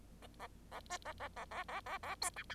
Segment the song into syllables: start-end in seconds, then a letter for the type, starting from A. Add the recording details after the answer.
0.22-0.27 A, 0.39-0.47 A, 0.72-0.80 A, 0.90-0.97 B, 1.05-1.12 A, 1.20-1.28 A, 1.36-1.45 A, 1.51-1.63 A, 1.68-1.80 A, 1.86-1.98 A, 2.03-2.15 A, 2.21-2.30 C, 2.36-2.43 D, 2.49-2.55 E. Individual Bird0